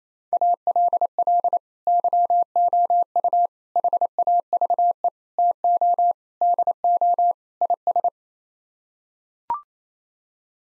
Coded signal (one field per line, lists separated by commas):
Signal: Morse code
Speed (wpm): 27 wpm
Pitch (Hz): 700 Hz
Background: none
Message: ALL YOU HAVE TO DO IS